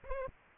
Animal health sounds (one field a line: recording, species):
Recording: mosquito wingbeat signal from an infrared sensor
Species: Aedes albopictus